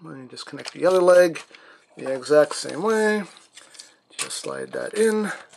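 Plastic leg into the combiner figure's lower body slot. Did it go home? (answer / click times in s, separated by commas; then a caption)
no / none. Someone talks while a second plastic leg of a JinBao KO Upscaled Generation Gravity Builder (Devastator) toy is connected the same way as the first and slid toward its slot in the combiner figure's lower body. Faint handling noises come through the pauses, with two brief knocks around 3.6 and 3.8 seconds. The clip ends before the leg goes home, so nothing has seated or clicked yet.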